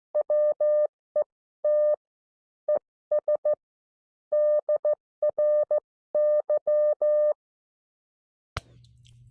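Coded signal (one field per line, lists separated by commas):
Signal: Morse code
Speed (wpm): 14 wpm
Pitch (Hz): 600 Hz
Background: none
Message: WET ES DRY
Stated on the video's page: Recorded instructor training.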